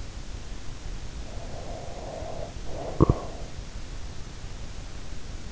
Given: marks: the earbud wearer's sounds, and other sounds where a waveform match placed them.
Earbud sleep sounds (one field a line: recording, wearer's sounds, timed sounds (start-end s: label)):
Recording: sounds in sleep by an in-ear microphone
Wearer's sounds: breath, teeth grinding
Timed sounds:
1.31-3.51 s: breath
2.89-3.30 s: teeth grinding